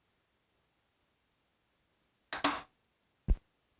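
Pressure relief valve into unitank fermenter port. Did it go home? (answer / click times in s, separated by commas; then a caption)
yes / 2.5 s. A sanitized pressure relief valve is fitted onto a port on the lid of a stainless unitank fermenter. After a short lead-in transient, a bright, broadband click comes at 2.5 s as the valve locks into place, followed by a faint low thump near 3.3 s. The valve is seated.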